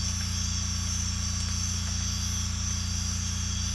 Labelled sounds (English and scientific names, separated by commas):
none